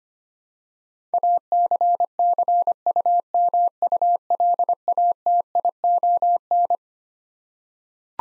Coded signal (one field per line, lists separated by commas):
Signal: Morse code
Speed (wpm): 25 wpm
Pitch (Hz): 700 Hz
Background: none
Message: ACCUMULATION